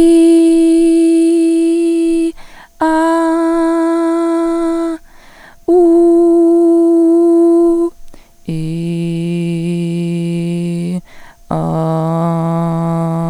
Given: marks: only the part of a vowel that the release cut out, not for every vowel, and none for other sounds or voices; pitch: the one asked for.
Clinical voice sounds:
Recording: sustained vowels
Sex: female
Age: 20 to 29 years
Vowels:
0.60-1.62 s: vowel /i/, high pitch
3.35-4.42 s: vowel /a/, high pitch
6.23-7.55 s: vowel /u/, high pitch
8.89-10.81 s: vowel /i/, low pitch
11.67-13.10 s: vowel /a/, low pitch
From the record:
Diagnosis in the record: stuttering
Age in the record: 29 years

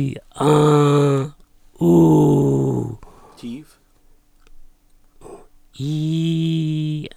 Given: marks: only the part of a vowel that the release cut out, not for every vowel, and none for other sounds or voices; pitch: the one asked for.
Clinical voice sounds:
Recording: sustained vowels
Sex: male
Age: 70 to 79 years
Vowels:
0.56-1.18 s: vowel /a/, high pitch
1.92-2.75 s: vowel /u/, high pitch
5.95-6.92 s: vowel /i/, low pitch
From the record:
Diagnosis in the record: recurrent laryngeal nerve paralysis, contact pachydermia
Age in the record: 74 years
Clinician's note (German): Rechts mit Kompensation; Kontaktpachydermie

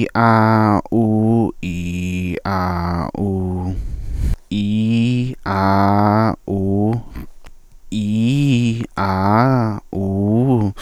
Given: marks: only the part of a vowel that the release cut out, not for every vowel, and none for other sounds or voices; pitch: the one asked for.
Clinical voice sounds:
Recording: sustained vowels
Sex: male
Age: 20 to 29 years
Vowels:
0.23-0.74 s: vowel /a/, high pitch
1.74-2.30 s: vowel /i/, low pitch
2.50-3.00 s: vowel /a/, low pitch
3.20-3.72 s: vowel /u/, low pitch
7.97-8.69 s: vowel /i/, low-high-low pitch
9.03-9.71 s: vowel /a/, low-high-low pitch
10.02-10.61 s: vowel /u/, low-high-low pitch
From the record:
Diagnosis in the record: stuttering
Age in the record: 25 years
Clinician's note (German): Ausgeprägt chronische Form

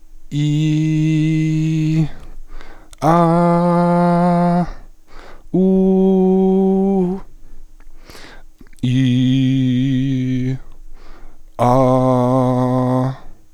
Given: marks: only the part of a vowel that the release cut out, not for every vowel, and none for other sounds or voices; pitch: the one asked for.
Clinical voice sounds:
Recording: sustained vowels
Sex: male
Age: 20 to 29 years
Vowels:
0.54-1.76 s: vowel /i/, high pitch
3.27-4.53 s: vowel /a/, high pitch
5.72-6.92 s: vowel /u/, high pitch
9.02-10.39 s: vowel /i/, low pitch
11.82-12.96 s: vowel /a/, low pitch
From the record:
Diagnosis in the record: healthy voice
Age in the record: 21 years

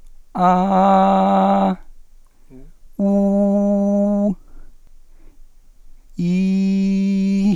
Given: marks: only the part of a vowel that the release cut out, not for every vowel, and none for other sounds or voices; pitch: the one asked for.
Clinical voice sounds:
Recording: sustained vowels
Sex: male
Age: 20 to 29 years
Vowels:
0.50-1.61 s: vowel /a/, high pitch
3.10-4.17 s: vowel /u/, high pitch
6.27-7.33 s: vowel /i/, normal pitch
From the record:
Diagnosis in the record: healthy voice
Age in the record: 21 years

